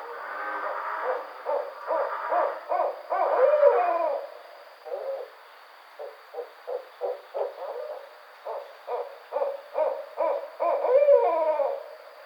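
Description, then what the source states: Barred owl giving a long run of short, hoarse, rising and falling hooting notes, uneven in rhythm, growing louder in bursts, over faint steady hiss. Recorded on 5 June 2009.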